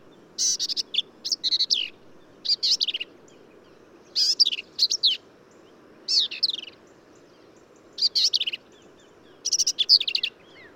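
Black-capped vireo song: loud, varied, scratchy phrases of slurred and buzzy notes, repeated with short, uneven pauses against a quiet background.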